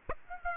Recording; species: mosquito wingbeat signal from an infrared sensor; Aedes aegypti